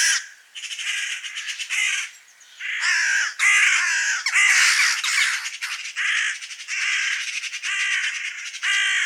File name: Pica pica